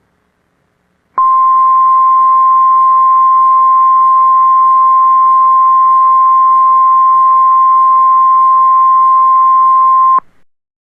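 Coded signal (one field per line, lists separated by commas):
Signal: Emergency Alert System (SAME) tones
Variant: 1050 Hz attention tone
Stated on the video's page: Fake, fan-made mock Flash Flood Emergency alert for Raeford, North Carolina; simulated, not real.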